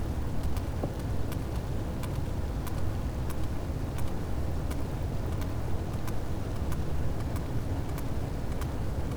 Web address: Physeter Macrocephalus cachalot